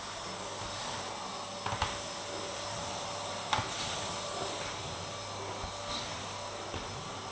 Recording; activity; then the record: daily activity, microphone in the room; vacuum cleaning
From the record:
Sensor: 3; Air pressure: 1011.9 hPa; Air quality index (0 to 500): 236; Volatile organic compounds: 5 ppm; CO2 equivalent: 1750 ppm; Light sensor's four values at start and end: 10/24/10/10 and 12/27/12/12